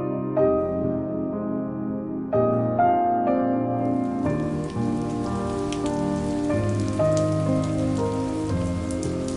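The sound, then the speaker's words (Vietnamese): Soft melodic music plays, then a steady hiss of rain joins partway through, with scattered drops pattering over the gentle tune until the end; it is a sudden first rain of the season, starting with only a few sparse drops. “Cơn mưa đầu mùa bất chợt ào đến, ban đầu chỉ vài giọt mưa thưa thớt, nhưng Quyên biết thừa chỉ một lát nữa thì mưa sẽ tha hồ chút ầm ĩ.”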